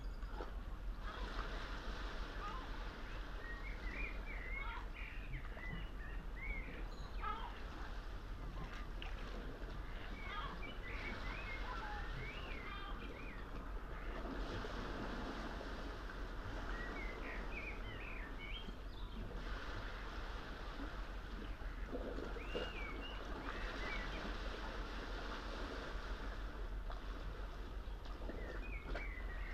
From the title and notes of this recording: Early morning below Nothe Fort. The sound-scene is of a smooth, sunrise sea, heard from a tree, growing up out of a bundle of boulders, close to the water's edge. It's early April, and just after daybreak. The Lento kit is in the tree, capturing the wide spatial quiet of this place with nobody about, right beside Nothe Fort in Weymouth on the south coast of England.